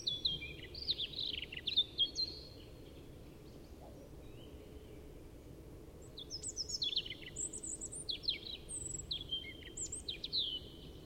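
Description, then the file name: European robin delivering high, sweet warbled phrases mixing sliding whistles and quick twittering notes, a pause midway, with low background noise throughout. "Erithacus rubecula"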